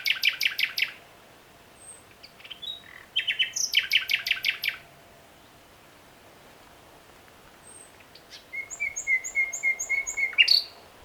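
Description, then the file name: Common nightingale singing: rapid bursts of repeated harsh notes, a second similar burst, then a slower series of pure whistled notes that swell in loudness before a sharp final note. "Luscinia megarhynchos"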